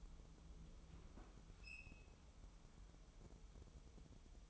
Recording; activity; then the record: daily activity, microphone in the room; open fridge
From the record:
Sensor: 1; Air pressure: 988.4 hPa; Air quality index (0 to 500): 199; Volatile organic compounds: 1000 ppm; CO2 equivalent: 5321 ppm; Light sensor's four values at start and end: 26/98/37/38 and 26/97/37/38